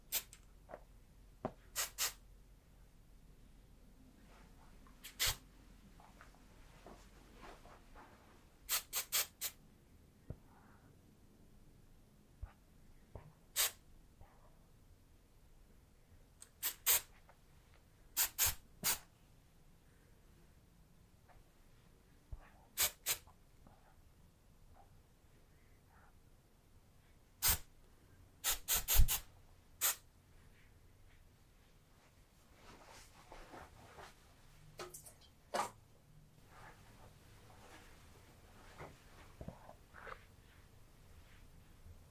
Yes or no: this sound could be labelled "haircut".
yes